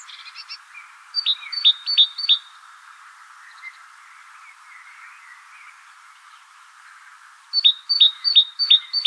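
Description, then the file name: Great tit song: four quick two-note phrases, a high note dropping to a lower one, early on, a long pause, then several more near the end. "Parus major"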